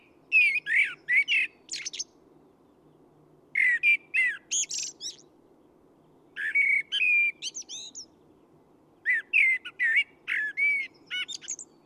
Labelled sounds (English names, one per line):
Common Blackbird song